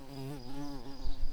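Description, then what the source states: Garden bumblebee buzzing: a steady, low droning hum with rich overtones, wavering slightly in pitch and swelling louder toward the end. Queen.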